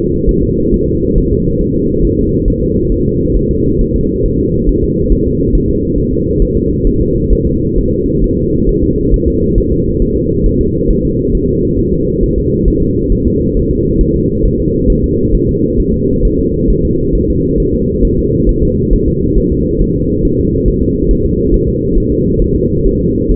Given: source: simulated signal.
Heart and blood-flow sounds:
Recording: fetal heart sounds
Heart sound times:
0.29 s: S1
0.43 s: S2
0.74 s: S1
0.88 s: S2
1.18 s: S1
1.33 s: S2
1.62 s: S1
1.76 s: S2
2.05 s: S1
2.19 s: S2
2.48 s: S1
2.62 s: S2
2.92 s: S1
3.06 s: S2
3.37 s: S1
3.51 s: S2
3.81 s: S1
3.96 s: S2
4.26 s: S1
4.40 s: S2
4.69 s: S1
4.84 s: S2
5.12 s: S1
5.27 s: S2
5.55 s: S1
5.70 s: S2
5.98 s: S1
6.13 s: S2
6.42 s: S1
6.57 s: S2
6.87 s: S1
7.01 s: S2
7.33 s: S1
7.47 s: S2
7.79 s: S1
7.93 s: S2
8.24 s: S1
8.38 s: S2
8.69 s: S1
8.83 s: S2
9.14 s: S1
9.28 s: S2
9.58 s: S1
9.72 s: S2
10.02 s: S1
10.16 s: S2
10.46 s: S1
10.61 s: S2
10.91 s: S1
11.05 s: S2
11.35 s: S1
11.49 s: S2
11.79 s: S1
11.93 s: S2
12.23 s: S1
12.38 s: S2
12.68 s: S1
12.82 s: S2
13.12 s: S1
13.27 s: S2
13.57 s: S1
13.71 s: S2
14.01 s: S1
14.16 s: S2
14.45 s: S1
14.60 s: S2
14.90 s: S1
15.04 s: S2
15.35 s: S1
15.49 s: S2
15.80 s: S1
15.94 s: S2
16.25 s: S1
16.39 s: S2
16.70 s: S1
16.85 s: S2
17.16 s: S1
17.30 s: S2
17.60 s: S1
17.74 s: S2
18.05 s: S1
18.19 s: S2
18.49 s: S1
18.63 s: S2
18.93 s: S1
19.08 s: S2
19.38 s: S1
19.52 s: S2
19.82 s: S1
19.96 s: S2
20.25 s: S1
20.40 s: S2
20.68 s: S1
20.83 s: S2
21.11 s: S1
21.26 s: S2
21.54 s: S1
21.68 s: S2
21.98 s: S1
22.12 s: S2
22.42 s: S1
22.56 s: S2
22.87 s: S1
23.01 s: S2
23.32 s: S1
From the record:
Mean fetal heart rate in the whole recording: 135 bpm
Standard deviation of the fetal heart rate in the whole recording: 3 bpm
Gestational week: 36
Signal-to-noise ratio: -14.7 dB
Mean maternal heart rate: 72 bpm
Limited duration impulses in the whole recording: present

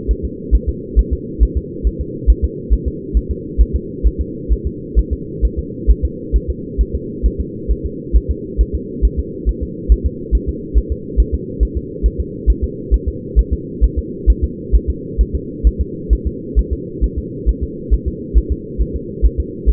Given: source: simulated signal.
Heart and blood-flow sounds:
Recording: fetal heart sounds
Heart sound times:
0.11 s: S1
0.25 s: S2
0.55 s: S1
0.69 s: S2
0.99 s: S1
1.13 s: S2
1.43 s: S1
1.57 s: S2
1.87 s: S1
2.01 s: S2
2.30 s: S1
2.44 s: S2
2.73 s: S1
2.88 s: S2
3.17 s: S1
3.31 s: S2
3.61 s: S1
3.75 s: S2
4.06 s: S1
4.21 s: S2
4.52 s: S1
4.67 s: S2
4.99 s: S1
5.13 s: S2
5.45 s: S1
5.59 s: S2
5.90 s: S1
6.05 s: S2
6.36 s: S1
6.50 s: S2
6.81 s: S1
6.95 s: S2
7.26 s: S1
7.40 s: S2
7.71 s: S1
7.86 s: S2
8.16 s: S1
8.31 s: S2
8.61 s: S1
8.75 s: S2
9.05 s: S1
9.19 s: S2
9.49 s: S1
9.63 s: S2
9.92 s: S1
10.06 s: S2
10.35 s: S1
10.49 s: S2
10.78 s: S1
10.92 s: S2
11.20 s: S1
11.34 s: S2
11.63 s: S1
11.77 s: S2
12.06 s: S1
12.20 s: S2
12.50 s: S1
12.64 s: S2
12.94 s: S1
13.08 s: S2
13.39 s: S1
13.53 s: S2
13.84 s: S1
13.98 s: S2
14.30 s: S1
14.44 s: S2
14.75 s: S1
14.90 s: S2
15.21 s: S1
15.35 s: S2
15.67 s: S1
15.81 s: S2
16.13 s: S1
16.27 s: S2
16.59 s: S1
16.73 s: S2
17.04 s: S1
17.18 s: S2
17.49 s: S1
17.63 s: S2
17.93 s: S1
18.08 s: S2
18.38 s: S1
18.52 s: S2
18.81 s: S1
18.96 s: S2
19.25 s: S1
19.40 s: S2
19.69 s: S1
From the record:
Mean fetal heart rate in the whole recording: 135 bpm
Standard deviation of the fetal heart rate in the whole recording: 3 bpm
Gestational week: 34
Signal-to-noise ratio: -4.1 dB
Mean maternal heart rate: no maternal heart sound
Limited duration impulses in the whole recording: absent

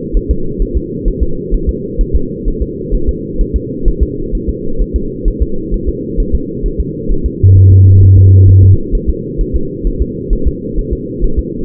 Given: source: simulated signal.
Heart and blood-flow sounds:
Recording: fetal heart sounds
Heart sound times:
0.17 s: S1
0.31 s: S2
0.62 s: S1
0.77 s: S2
1.08 s: S1
1.23 s: S2
1.55 s: S1
1.69 s: S2
2.01 s: S1
2.16 s: S2
2.48 s: S1
2.62 s: S2
2.95 s: S1
3.09 s: S2
3.41 s: S1
3.56 s: S2
3.88 s: S1
4.03 s: S2
4.35 s: S1
4.49 s: S2
4.82 s: S1
4.96 s: S2
5.28 s: S1
5.43 s: S2
5.74 s: S1
5.89 s: S2
6.20 s: S1
6.35 s: S2
6.66 s: S1
6.80 s: S2
7.12 s: S1
7.26 s: S2
7.57 s: S1
7.72 s: S2
8.03 s: S1
8.18 s: S2
8.49 s: S1
8.64 s: S2
8.95 s: S1
9.10 s: S2
9.41 s: S1
9.56 s: S2
9.87 s: S1
10.02 s: S2
10.33 s: S1
10.48 s: S2
10.79 s: S1
10.93 s: S2
11.24 s: S1
11.39 s: S2
From the record:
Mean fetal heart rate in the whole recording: 130 bpm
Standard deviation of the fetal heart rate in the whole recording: 4 bpm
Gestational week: 38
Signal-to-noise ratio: -8.1 dB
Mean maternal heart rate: 72 bpm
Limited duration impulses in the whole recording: present

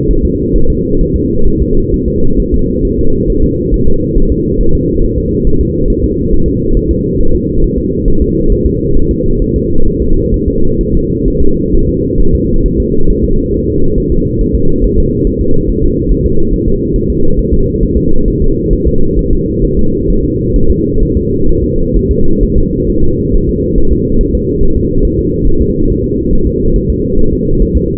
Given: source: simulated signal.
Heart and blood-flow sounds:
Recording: fetal heart sounds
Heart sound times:
0.11 s: S1
0.25 s: S2
0.56 s: S1
0.70 s: S2
1.01 s: S1
1.16 s: S2
1.47 s: S1
1.62 s: S2
1.94 s: S1
2.08 s: S2
2.40 s: S1
2.54 s: S2
2.85 s: S1
2.99 s: S2
3.30 s: S1
3.44 s: S2
3.74 s: S1
3.88 s: S2
4.18 s: S1
4.32 s: S2
4.61 s: S1
4.75 s: S2
5.04 s: S1
5.18 s: S2
5.47 s: S1
5.61 s: S2
5.90 s: S1
6.04 s: S2
6.34 s: S1
6.48 s: S2
6.77 s: S1
6.91 s: S2
7.21 s: S1
7.35 s: S2
7.64 s: S1
7.78 s: S2
8.08 s: S1
8.22 s: S2
8.52 s: S1
8.66 s: S2
8.97 s: S1
9.11 s: S2
9.42 s: S1
9.56 s: S2
9.88 s: S1
10.02 s: S2
10.34 s: S1
10.48 s: S2
10.81 s: S1
10.95 s: S2
11.28 s: S1
11.42 s: S2
11.75 s: S1
11.89 s: S2
12.21 s: S1
12.35 s: S2
12.66 s: S1
12.80 s: S2
13.10 s: S1
13.24 s: S2
13.54 s: S1
13.68 s: S2
13.98 s: S1
14.12 s: S2
14.41 s: S1
14.55 s: S2
14.84 s: S1
14.99 s: S2
15.27 s: S1
15.41 s: S2
15.69 s: S1
15.84 s: S2
16.12 s: S1
16.26 s: S2
16.54 s: S1
16.68 s: S2
16.96 s: S1
17.10 s: S2
17.39 s: S1
17.53 s: S2
17.83 s: S1
17.97 s: S2
18.28 s: S1
18.42 s: S2
18.73 s: S1
18.88 s: S2
19.19 s: S1
19.33 s: S2
19.65 s: S1
19.79 s: S2
20.10 s: S1
20.25 s: S2
20.56 s: S1
20.70 s: S2
21.03 s: S1
21.17 s: S2
21.49 s: S1
21.64 s: S2
21.97 s: S1
22.11 s: S2
22.43 s: S1
22.58 s: S2
22.90 s: S1
23.04 s: S2
23.35 s: S1
23.49 s: S2
23.78 s: S1
23.92 s: S2
24.21 s: S1
24.35 s: S2
24.63 s: S1
24.77 s: S2
25.05 s: S1
25.19 s: S2
25.47 s: S1
25.62 s: S2
25.90 s: S1
26.04 s: S2
26.33 s: S1
26.47 s: S2
26.76 s: S1
26.90 s: S2
27.19 s: S1
27.33 s: S2
27.62 s: S1
27.77 s: S2
From the record:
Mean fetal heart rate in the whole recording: 135 bpm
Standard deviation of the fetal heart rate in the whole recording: 3 bpm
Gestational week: 36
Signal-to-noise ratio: -19.1 dB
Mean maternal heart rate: 72 bpm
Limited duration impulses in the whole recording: present

